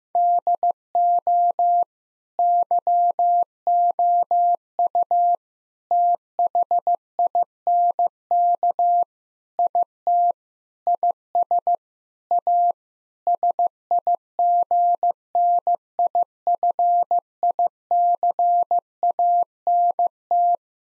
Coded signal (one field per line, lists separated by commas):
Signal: Morse code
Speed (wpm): 15 wpm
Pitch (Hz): 700 Hz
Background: none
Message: DO YOU THINK IT IS A SIGNIFICANT